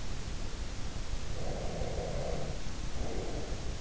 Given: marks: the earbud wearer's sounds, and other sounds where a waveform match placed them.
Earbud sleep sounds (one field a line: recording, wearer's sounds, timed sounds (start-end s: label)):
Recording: sounds in sleep by an in-ear microphone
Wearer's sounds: breath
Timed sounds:
1.37-3.73 s: breath